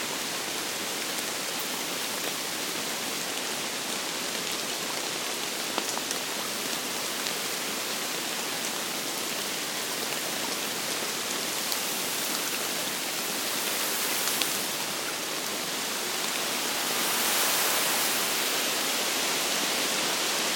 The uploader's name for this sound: RAIN UNDER A TREE